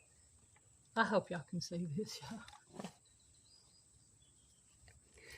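Someone talks while handling and lining up a wiring harness connector onto the ignition coil pack of a Cruz during a coil pack change. The connector is still lifted up a little and has not been pushed home. Nothing has seated or clicked yet.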